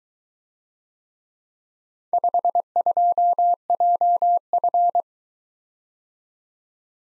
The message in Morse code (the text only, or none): 52JF